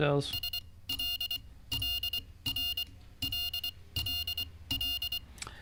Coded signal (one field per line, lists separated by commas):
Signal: Morse code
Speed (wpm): 24 wpm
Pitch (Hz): 2800 Hz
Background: speech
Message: SL LR LLL